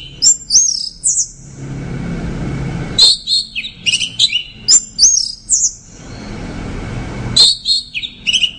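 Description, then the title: Orange-headed thrush singing short bright phrases of high whistles and chirps, separated by pauses with soft low background noise. "Anis Merah"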